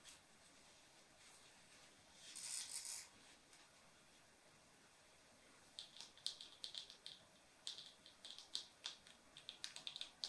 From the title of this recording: Jewelry tracing, hair sounds & fabric scratches